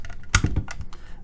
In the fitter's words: it locks into place and now